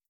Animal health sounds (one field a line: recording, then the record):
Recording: hydrophone in a shrimp aquaculture tank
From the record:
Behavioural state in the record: starved